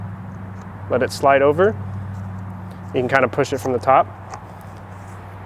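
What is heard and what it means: A new paper oil filter element is slid over the plastic oil filter housing cap of a BMW N20/N26 engine and pushed from the top during an oil change. Someone talks over a steady low hum, and a short, faint tick is heard near 4.3 seconds. The clip ends before the element goes home, so nothing has seated or locked in place yet.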